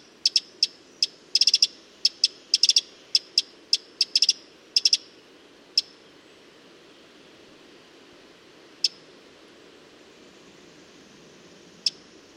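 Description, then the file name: Eurasian wren giving sharp ticking calls, singly and in quick bursts, frequent for the first six seconds, then only two isolated ticks later. "Troglodytes troglodytes"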